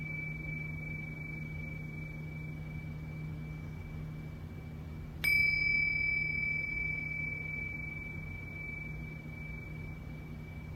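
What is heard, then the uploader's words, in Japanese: A singing bowl is struck once at about five seconds, giving a sharp attack and a clear ringing tone with a few higher overtones that fade slowly over the next several seconds. Before the strike, a faint steady tone and a low hum hold throughout. Singing Bowl のサウンドヒーリング。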